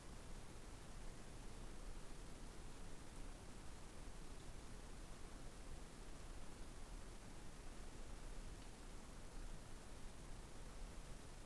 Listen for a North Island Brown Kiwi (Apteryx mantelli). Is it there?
no